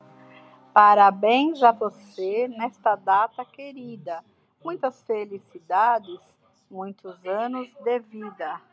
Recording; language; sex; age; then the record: short text; Brazilian Portuguese; female; 50 to 59 years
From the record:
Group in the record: control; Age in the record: 55 years